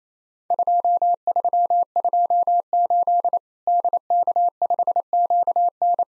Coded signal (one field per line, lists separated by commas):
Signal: Morse code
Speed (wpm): 28 wpm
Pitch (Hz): 700 Hz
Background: none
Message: 2328 DK5QN